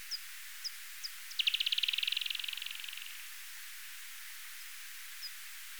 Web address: Pipistrellus abramus